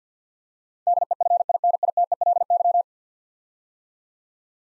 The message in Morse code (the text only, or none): DEFINITELY